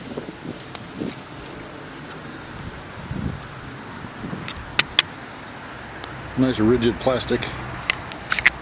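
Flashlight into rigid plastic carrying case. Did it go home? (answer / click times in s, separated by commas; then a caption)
yes / 7.9 s, 8.5 s. An Olight Javelot Mini flashlight is pushed into its rigid plastic carrying case (holster) while someone talks, with sharp plastic snaps at 7.9 s and 8.5 s. The flashlight snaps in and is seated in the case.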